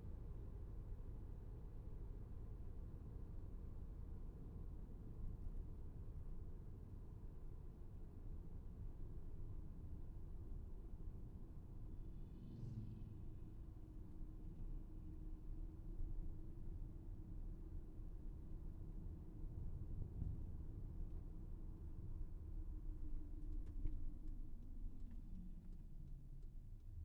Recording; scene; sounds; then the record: everyday scene through a hearing-aid microphone; in a vehicle; engine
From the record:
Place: VW T5 Caravelle, diesel engine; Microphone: behind the ear, left, rear